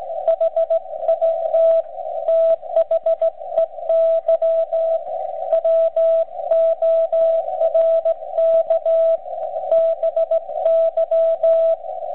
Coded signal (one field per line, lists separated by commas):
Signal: Morse code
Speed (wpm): 16 wpm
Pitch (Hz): 660 Hz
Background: radio noise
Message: HIT THEY WORK BY